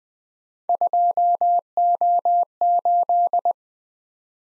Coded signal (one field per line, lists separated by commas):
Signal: Morse code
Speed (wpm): 20 wpm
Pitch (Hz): 700 Hz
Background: none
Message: 2O8